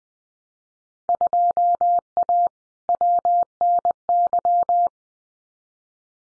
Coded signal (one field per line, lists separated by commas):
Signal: Morse code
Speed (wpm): 20 wpm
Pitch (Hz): 700 Hz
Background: none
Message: 2A WNY